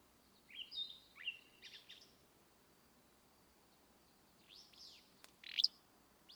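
Willow flycatcher, brief buzzy phrases, several early high notes, then after a quiet gap a strong sneezy burst near the end.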